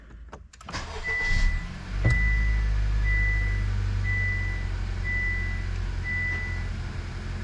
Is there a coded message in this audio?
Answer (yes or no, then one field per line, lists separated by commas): no